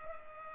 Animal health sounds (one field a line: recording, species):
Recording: mosquito wingbeat signal from an infrared sensor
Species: Culex pipiens